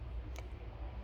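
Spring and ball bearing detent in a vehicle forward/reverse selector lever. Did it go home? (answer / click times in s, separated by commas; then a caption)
yes / 0.4 s. A spring-loaded ball bearing detent, the position finder in the forward/reverse selector lever of an armoured car, engages as the lever is slid along its rod. A single short, sharp click at 0.4 s stands out over a steady low rumble. The lever clicks into place and is seated.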